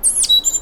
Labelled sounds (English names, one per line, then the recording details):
Stitchbird song
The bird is a male
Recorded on Tiritiri Matangi Island, New Zealand, in 2005
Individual 1, of nest box 1